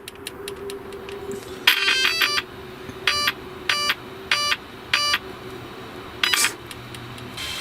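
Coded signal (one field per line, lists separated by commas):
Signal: beep code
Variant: RC car speed controller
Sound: series of short buzzy electronic beeps with harmonics, roughly eight in total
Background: low electrical hum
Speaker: Make sure you've got your battery in, then power your car up.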